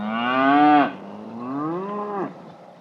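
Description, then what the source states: Cow mooing: a loud, drawn-out moo rising then cut off, followed by a second lower, softer moo that swells and fades. Cows grazing and mooing.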